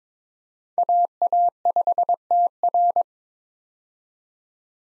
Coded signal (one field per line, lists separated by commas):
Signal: Morse code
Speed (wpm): 22 wpm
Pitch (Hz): 700 Hz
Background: none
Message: AA5TR